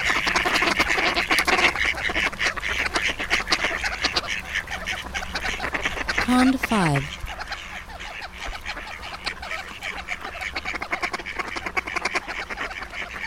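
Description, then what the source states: Ducks quacking in a dense, overlapping flock chorus, with a brief descending call midway. Flock of ducks on a pond.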